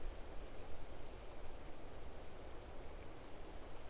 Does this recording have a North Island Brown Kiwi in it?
no